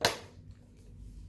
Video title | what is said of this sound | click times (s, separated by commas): IKEA MÅLA Easel White & Black Board | we just need to join this together with a click sound | 0.0 s